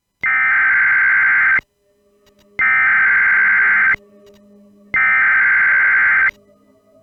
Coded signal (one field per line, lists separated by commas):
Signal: Emergency Alert System (SAME) tones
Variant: header bursts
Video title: EAS Scenario - Unus Annus